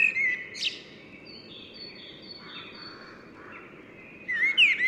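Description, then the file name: Common blackbird sings a fluty phrase with a high squeak, a quiet gap with faint high whistles, then another warbled phrase. "Turdus merula"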